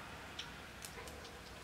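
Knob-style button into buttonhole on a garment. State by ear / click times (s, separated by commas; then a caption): seated / 0.4 s, 0.8 s. Small golden knob-style buttons on a soft garment are pushed into the holes on the opposite side and lock into place, staying put. Two short, sharp ticks are heard at 0.4 s and 0.9 s over a steady low background hiss. The buttons are seated.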